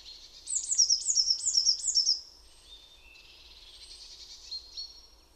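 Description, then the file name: Eurasian blue tit: four bright arched high notes in quick succession, then quieter thin whistles and soft twittering. "Cyanistes caeruleus"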